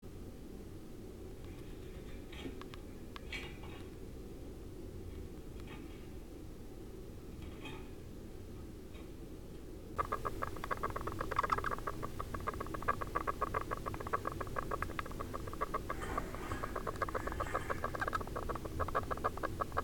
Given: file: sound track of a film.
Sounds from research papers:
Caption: Respiratory sound recording of four-week-old Efcab10+/+ and Efcab10–/– mice.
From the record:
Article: EFCAB10 anchors AK8 to the radial spoke for proper ciliary motility

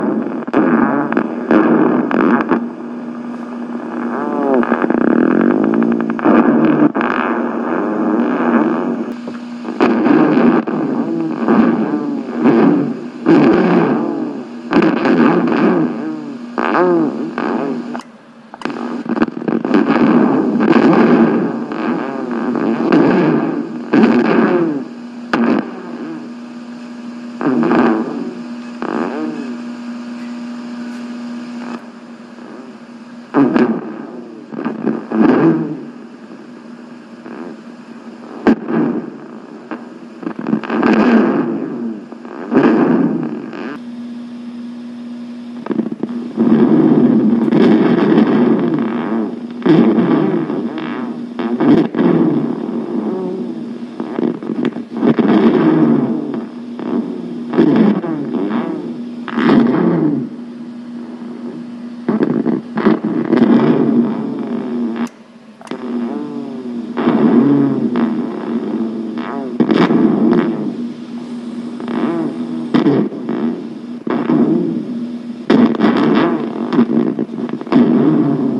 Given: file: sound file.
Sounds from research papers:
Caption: Dive Bomb Sound. The characteristic sound of a dive-bomber or an accelerating or decelerating motorcycle engine was evident during the examination.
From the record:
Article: A large intragenic deletion in the CLCN1 gene causes Hereditary Myotonia in pigs

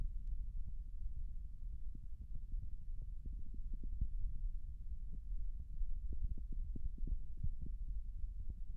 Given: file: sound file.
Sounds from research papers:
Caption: Audio file of post-treatment ear canal signal from the no.4 VPT patient.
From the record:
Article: Pre-Treatment Objective Diagnosis and Post-Treatment Outcome Evaluation in Patients with Vascular Pulsatile Tinnitus Using Transcanal Recording and Spectro-Temporal Analysis

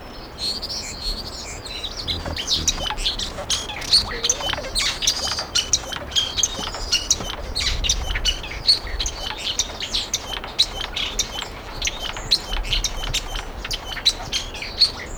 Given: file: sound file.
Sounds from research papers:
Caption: Song of El Naranjo lek.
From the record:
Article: Acoustic Divergence with Gene Flow in a Lekking Hummingbird with Complex Songs

